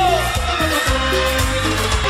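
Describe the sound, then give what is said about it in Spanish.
A dense, steady roar of a large crowd shouting and whooping together at a live concert, loud and continuous throughout, with some sustained musical tones mixed underneath. “¡El grito, el grito, el grito!”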